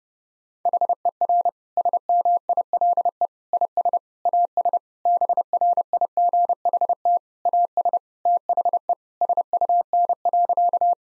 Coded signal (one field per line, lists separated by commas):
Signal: Morse code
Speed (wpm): 30 wpm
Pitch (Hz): 700 Hz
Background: none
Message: HER SMILE IS AS BRIGHT AS THE SUN.